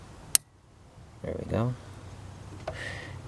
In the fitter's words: right click there